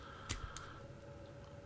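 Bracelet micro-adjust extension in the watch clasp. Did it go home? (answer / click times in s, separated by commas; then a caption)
no / none. The micro-adjust extension of the metal bracelet clasp on a Titoni Seascoper 300, a Swiss-made COSC diver's watch, is being slid through its detent positions by hand. Two brief, sharp ticks sound at about 0.3 s and 0.6 s over a faint steady hum. Nothing has seated or clicked into place yet.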